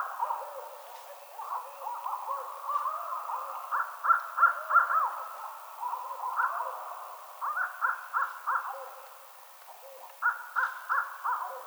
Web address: Barred Owl 2007 03 22 Barred Owl